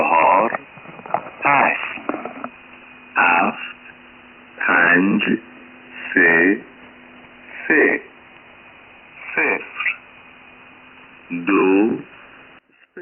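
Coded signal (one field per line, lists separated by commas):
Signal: numbers station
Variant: V32, Farsi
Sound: single spoken words in a foreign language, evenly spaced about 1.5 seconds apart, over radio hiss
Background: radio static, low hum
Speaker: Next I want to circle back to 7842 and let's take a listen to what I intercept.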